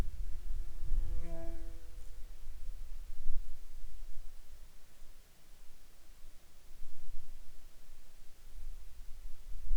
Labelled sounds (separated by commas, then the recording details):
insects
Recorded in Ivvavik National Park, Yukon, on 21 June 2019 at 19:12
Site SINP10